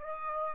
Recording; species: mosquito wingbeat signal from an infrared sensor; Aedes aegypti